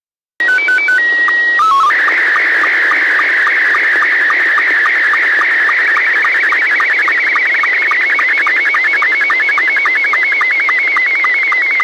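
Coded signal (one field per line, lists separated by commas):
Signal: SSTV (slow-scan television)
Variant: Scottie 2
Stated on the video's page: Live stream of amateur repeaters on 145.390 and 146.700.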